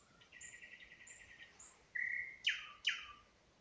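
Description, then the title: Nightingale song: a fast rattling trill, then a flat whistle and two loud sweeping notes, with high thin notes above. Singing in spring near Huncha, Vinnytsia Oblast, Ukraine. "Unnamed Road, Гунча, Вінницька область, Україна, 23724-Spring, nightingale singing"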